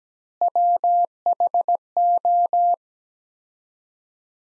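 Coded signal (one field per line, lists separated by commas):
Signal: Morse code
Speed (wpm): 17 wpm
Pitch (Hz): 700 Hz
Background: none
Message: WHO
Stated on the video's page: Morse practice sentences from the top 100 words at 17 wpm with 4x standard word spacing, a Farnsworth-like word-spacing drill.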